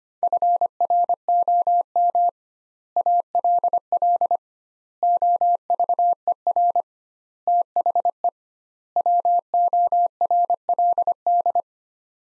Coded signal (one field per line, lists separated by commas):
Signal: Morse code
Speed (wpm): 25 wpm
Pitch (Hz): 700 Hz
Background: none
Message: FROM ALL OVER THE WORLD